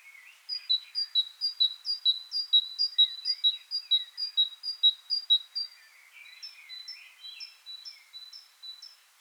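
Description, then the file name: Great tit song, paired high notes repeated steadily, followed by a softer run of single notes and background bird twitter. "Parus major"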